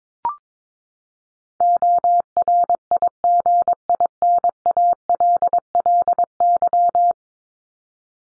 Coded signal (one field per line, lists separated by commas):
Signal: Morse code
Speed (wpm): 22 wpm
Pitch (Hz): 700 Hz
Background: none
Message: ORIGINALLY